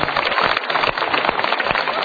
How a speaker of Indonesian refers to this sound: Yang pria gak usah ikut ikut tepuk tangan. Loh, ini penderitaan kok tepuk tangan.